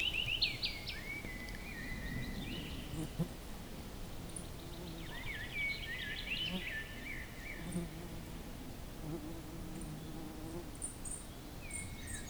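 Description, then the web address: Willow warbler song: phrases of slurred notes drifting downward, separated by pauses, over steady low rustling background noise. "linnut pajulintu"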